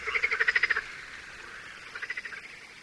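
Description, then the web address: Marsh frog call: a short rapid series of pulsed croaks, then a fainter similar series about a second later. "Tajemnice puszczy Zaba smieszka"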